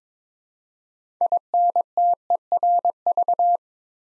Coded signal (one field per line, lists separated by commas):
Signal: Morse code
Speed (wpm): 22 wpm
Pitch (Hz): 700 Hz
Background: none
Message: INTERV